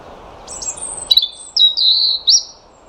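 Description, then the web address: European robin singing a varied phrase: high thin whistles, a sudden sharp note, then sustained warbling tones. Low background noise at the start. "Deverinetal 2025 File origin Bird Only Er Ru"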